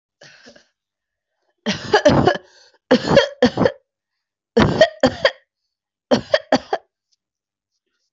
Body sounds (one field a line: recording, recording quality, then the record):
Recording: heavy voluntary cough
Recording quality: excellent, no background noise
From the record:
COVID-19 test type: RT-PCR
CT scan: not taken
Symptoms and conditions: cough, cold, sore throat, fatigue, muscle pain, loss of smell and taste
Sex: female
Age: 26 years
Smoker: no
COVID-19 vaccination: one dose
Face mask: worn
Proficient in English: yes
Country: India